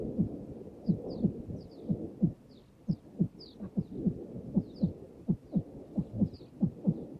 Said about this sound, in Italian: Tutto era ovattato, rallentato. Si sentiva solo il battito del cuore di mio padre.